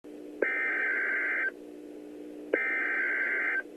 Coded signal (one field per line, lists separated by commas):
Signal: Emergency Alert System (SAME) tones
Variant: header bursts